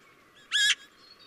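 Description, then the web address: Eurasian magpie uttering one short, grating chatter note. "chant xeno-canto pie bavarde"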